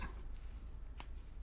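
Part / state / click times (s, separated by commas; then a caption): ink cartridge into fountain pen grip section / seated / 1.0 s. With the spacer removed, a Lamy Safari fountain pen is screwed together, pushing a plastic blue ink cartridge onto the piercing spike of the grip section. A faint tick comes at 0.2 s, then a sharper click at 1.0 s as the cartridge is pierced and seats. Ink begins flowing to the nib.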